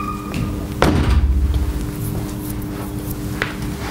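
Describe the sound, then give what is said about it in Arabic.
A door swings shut with a single solid thunk, followed by a low rumbling tail and faint rattles over a steady background hum. “وارب الباب، وارب الباب.”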